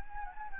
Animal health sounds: mosquito wingbeat signal from an infrared sensor; Anopheles gambiae

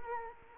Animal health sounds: mosquito wingbeat signal from an infrared sensor; Culex quinquefasciatus

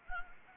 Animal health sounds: mosquito wingbeat signal from an infrared sensor; Anopheles arabiensis

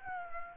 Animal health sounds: mosquito wingbeat signal from an infrared sensor; Aedes aegypti

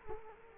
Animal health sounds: mosquito wingbeat signal from an infrared sensor; Culex quinquefasciatus

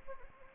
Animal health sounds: mosquito wingbeat signal from an infrared sensor; Anopheles gambiae

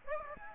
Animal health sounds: mosquito wingbeat signal from an infrared sensor; Aedes aegypti

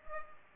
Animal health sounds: mosquito wingbeat signal from an infrared sensor; Culex pipiens

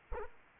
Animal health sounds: mosquito wingbeat signal from an infrared sensor; Anopheles arabiensis

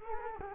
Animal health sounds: mosquito wingbeat signal from an infrared sensor; Culex quinquefasciatus

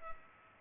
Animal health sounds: mosquito wingbeat signal from an infrared sensor; Culex pipiens

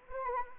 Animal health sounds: mosquito wingbeat signal from an infrared sensor; Anopheles arabiensis

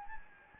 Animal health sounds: mosquito wingbeat signal from an infrared sensor; Anopheles gambiae

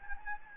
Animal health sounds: mosquito wingbeat signal from an infrared sensor; Anopheles gambiae

